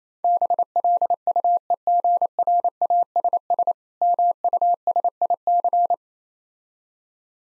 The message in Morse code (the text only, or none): BLUEGRASS MUSIC